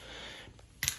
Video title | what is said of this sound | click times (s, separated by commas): 360 tutorial | click and again you're going to want to pull it back out to where it's solid | 0.8 s